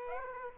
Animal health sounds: mosquito wingbeat signal from an infrared sensor; Aedes aegypti

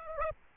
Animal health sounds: mosquito wingbeat signal from an infrared sensor; Aedes aegypti

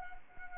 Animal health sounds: mosquito wingbeat signal from an infrared sensor; Anopheles arabiensis

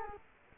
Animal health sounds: mosquito wingbeat signal from an infrared sensor; Culex quinquefasciatus

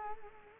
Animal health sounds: mosquito wingbeat signal from an infrared sensor; Culex quinquefasciatus

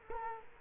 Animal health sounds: mosquito wingbeat signal from an infrared sensor; Culex quinquefasciatus

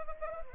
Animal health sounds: mosquito wingbeat signal from an infrared sensor; Anopheles arabiensis

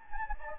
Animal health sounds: mosquito wingbeat signal from an infrared sensor; Anopheles gambiae

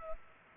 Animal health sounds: mosquito wingbeat signal from an infrared sensor; Culex pipiens

